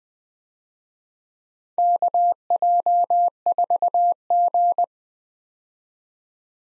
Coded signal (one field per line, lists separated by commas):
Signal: Morse code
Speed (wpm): 20 wpm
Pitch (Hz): 700 Hz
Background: none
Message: KJ4G